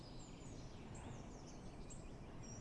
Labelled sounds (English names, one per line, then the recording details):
Great Tit
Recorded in Germany
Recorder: ecoPi